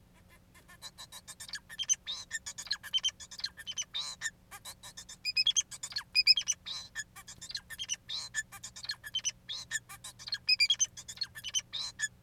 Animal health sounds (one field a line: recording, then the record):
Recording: song of a male Bengalese finch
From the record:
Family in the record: son of father 4